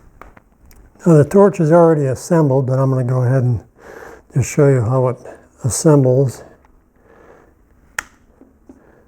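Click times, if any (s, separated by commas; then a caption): 8.0 s. A consumable piece is fitted onto the head of a Victor Thermal Dynamics 60 amp plasma cutter torch during assembly. Someone talks, then small handling clicks and rustles lead to one sharp, loud snap at 8.0 s as the piece seats in place.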